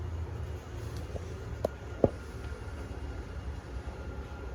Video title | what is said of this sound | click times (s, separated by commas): 2023 KZ RV SPORTSMEN 241 RKSE STK# 13452 | so there you go you heard that clicking and I just let off the button | 1.7 s, 2.0 s